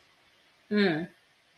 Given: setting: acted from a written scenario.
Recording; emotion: vocal sound without words; neutral